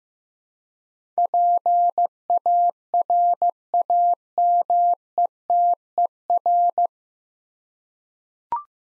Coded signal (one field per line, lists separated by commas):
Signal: Morse code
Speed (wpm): 16 wpm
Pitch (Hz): 700 Hz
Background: none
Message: PARAMETER